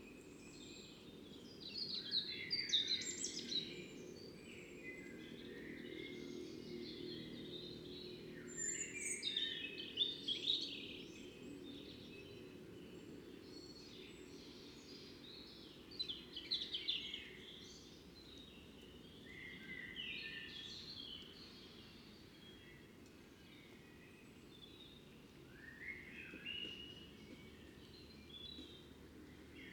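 An evening outside a fox den: birds chirp and twitter almost constantly, with livelier bursts of song around 2–3, 9–10, 16–17 and 26 seconds. Beneath them runs a steady low rumble that barely changes throughout.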